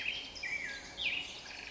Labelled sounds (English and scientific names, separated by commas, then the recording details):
Black-headed Grosbeak (Pheucticus melanocephalus)
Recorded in Sonoma County, California